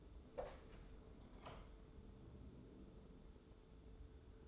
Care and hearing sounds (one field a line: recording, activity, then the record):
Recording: daily activity, microphone in the room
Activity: open door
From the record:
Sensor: 3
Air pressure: 1015.1 hPa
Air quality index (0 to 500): 113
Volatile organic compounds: 4 ppm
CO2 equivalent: 1580 ppm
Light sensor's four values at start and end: 15/40/16/17 and 15/40/16/17